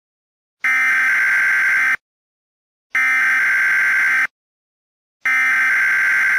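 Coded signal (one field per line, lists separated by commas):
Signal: Emergency Alert System (SAME) tones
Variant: header bursts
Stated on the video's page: Fictional EAS scenario set in Minecraft; simulated alert, not a real activation.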